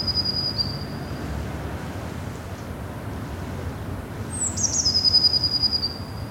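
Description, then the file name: Eurasian blue tit singing: a thin high note, then after a pause a sharp high note dropping into a fast, even trill, over steady low rumbling noise. "Cyanistes caeruleus"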